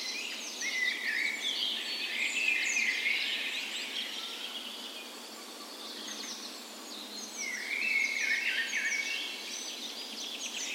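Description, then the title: Birds in a dawn chorus, several songs overlapping in bright warbles and trills, with busy bursts near two and eight seconds and a quieter dip between. Dawn chorus in a park in western Bergen, Norway, morning of 17 May, Norway's National Day, spring; recorded with a Sony PCM A10 and LOM micro Usi microphones as tree ears. "17th Of May Dawn Chorus"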